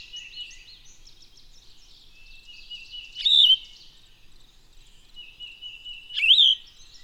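Bird song with two loud looping whistles about three seconds apart, over steady high twittering in the background.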